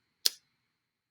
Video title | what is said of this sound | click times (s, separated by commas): Photography 1: How to Change a DSLR Camera Battery | and then we very carefully close the lid and you'll hear it kind of snap | 0.3 s